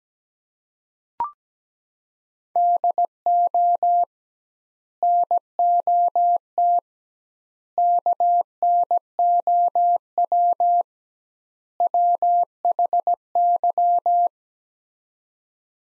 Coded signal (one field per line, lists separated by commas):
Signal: Morse code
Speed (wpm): 17 wpm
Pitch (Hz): 700 Hz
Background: none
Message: DO NOT KNOW WHY